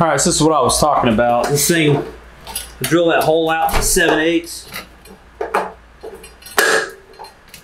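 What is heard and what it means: Someone talks while handling a lathe-turned steel sump bung with a 7/8 inch step, meant to be pushed into a hole drilled to 7/8 inch in a gas tank sump so it snaps in place and makes it easy to weld. Sharp metallic clinks ring out at about 5.4, 5.6 and 6.6 seconds. Nothing has seated or snapped in yet when the clip ends.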